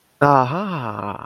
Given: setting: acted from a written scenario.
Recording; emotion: vocal sound without words; interest